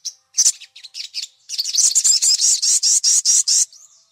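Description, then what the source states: Little spiderhunter song: a few high chirps lead into a loud, steady run of several strong repeated notes, ending with a faint slurred note. "Labaik" song variety; used as a tutor to teach songbirds.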